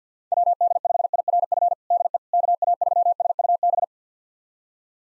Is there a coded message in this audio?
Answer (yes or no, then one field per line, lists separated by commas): yes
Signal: Morse code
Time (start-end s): 0.3-3.8 s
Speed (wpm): 50 wpm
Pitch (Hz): 700 Hz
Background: none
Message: WD5IRF DE KA3SUB